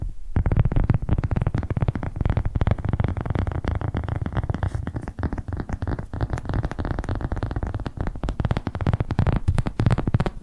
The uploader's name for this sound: Tapping Different Areas of Your Brain 3D Panning Triggers